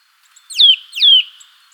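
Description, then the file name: Eurasian nuthatch giving two clear downward-slurred calls in quick succession, each sliding from high to lower pitch, in otherwise quiet surroundings. "Sitta europaea"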